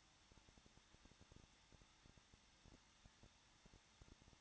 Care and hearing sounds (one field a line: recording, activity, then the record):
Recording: daily activity, microphone in the room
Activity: no activity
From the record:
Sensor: 3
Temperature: 21.2 degrees Celsius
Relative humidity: 36.4%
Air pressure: 1006.4 hPa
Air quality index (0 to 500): 223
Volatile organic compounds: 44 ppm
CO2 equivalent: 3206 ppm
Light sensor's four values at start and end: 2/3/2/2 and 2/3/2/2